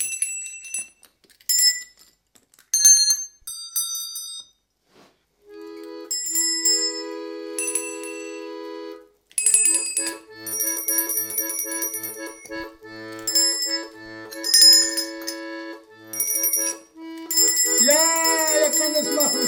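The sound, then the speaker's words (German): Bright bells ring in quick, overlapping strikes, starting with scattered sharp dings and building into a dense, shimmering jangle of sustained metallic tones with lingering overtones. “Das Lied hat was mit Glocken zu tun.”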